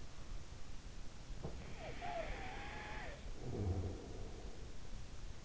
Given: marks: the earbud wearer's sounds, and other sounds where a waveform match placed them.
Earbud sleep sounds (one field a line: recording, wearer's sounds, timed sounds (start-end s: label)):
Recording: sounds in sleep by an in-ear microphone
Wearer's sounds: snoring breath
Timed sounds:
1.30-4.51 s: snoring breath